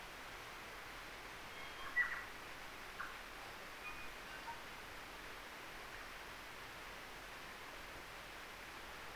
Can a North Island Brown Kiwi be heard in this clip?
no